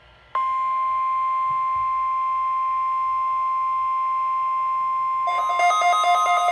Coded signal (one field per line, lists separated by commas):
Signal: Emergency Alert System (SAME) tones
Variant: 1050 Hz attention tone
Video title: (EAS#162) Required Weekly Test